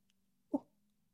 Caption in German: Ist ein Niesen. Das ist ja süß irgendwie. Ja, das war ja voll das niedliche Niesen. Wer auch immer hier im Haus niest.